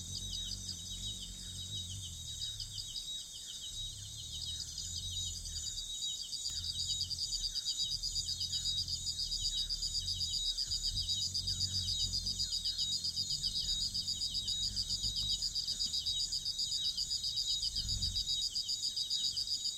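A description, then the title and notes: Bugs in a rainforest chirr close to the microphones, a dense, fast, steady pulsing trill at a high pitch that never lets up. Beneath it, low rumbling murmurs rise and fall, with a few soft thumps scattered through the twenty seconds. Congo Basin Rainforest - Bugs Close To The Mics. This moth decided my blimp was the best place to hang out and make low frequency humming sounds.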